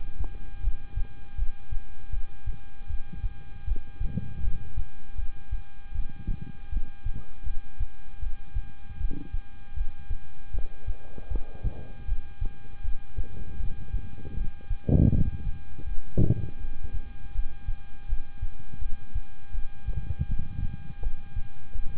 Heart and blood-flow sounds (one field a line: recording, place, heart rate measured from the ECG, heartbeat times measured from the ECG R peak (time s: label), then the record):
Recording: heart sounds by stethoscope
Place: between the tricuspid and mitral areas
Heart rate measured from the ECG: 80 bpm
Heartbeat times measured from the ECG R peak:
0.61 s: heartbeat
1.35 s: heartbeat
2.10 s: heartbeat
2.87 s: heartbeat
3.65 s: heartbeat
4.41 s: heartbeat
5.16 s: heartbeat
5.92 s: heartbeat
6.69 s: heartbeat
7.44 s: heartbeat
8.20 s: heartbeat
8.98 s: heartbeat
9.74 s: heartbeat
10.51 s: heartbeat
11.28 s: heartbeat
12.05 s: heartbeat
12.81 s: heartbeat
13.57 s: heartbeat
14.34 s: heartbeat
15.10 s: heartbeat
15.85 s: heartbeat
16.58 s: heartbeat
17.32 s: heartbeat
18.06 s: heartbeat
18.79 s: heartbeat
19.52 s: heartbeat
20.26 s: heartbeat
21.00 s: heartbeat
21.73 s: heartbeat
From the record:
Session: rest, lying down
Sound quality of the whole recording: good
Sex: male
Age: 26 years